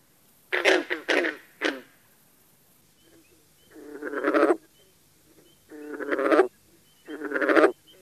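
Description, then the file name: Green frog calls: three short, explosive notes in quick succession, followed by three longer, harsher notes that each grow louder, with pauses between them. "Rana clamitans - Green Frog"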